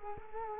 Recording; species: mosquito wingbeat signal from an infrared sensor; Culex quinquefasciatus